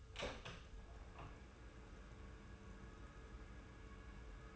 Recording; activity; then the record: daily activity, microphone in the room; open door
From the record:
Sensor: 2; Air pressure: 1015.0 hPa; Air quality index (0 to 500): 140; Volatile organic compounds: 5 ppm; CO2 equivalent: 1800 ppm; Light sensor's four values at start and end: 13/35/14/15 and 13/35/14/15